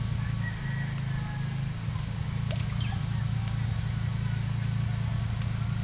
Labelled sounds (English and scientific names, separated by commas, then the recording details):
Russet-backed Oropendola (Psarocolius angustifrons)
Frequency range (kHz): Russet-backed Oropendola (Psarocolius angustifrons) 0.3-4.7 kHz
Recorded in pastures near Puerto Asís, Putumayo, Colombia, on 27 June 2025 at 08:30
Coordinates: 0.497, -76.327
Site G040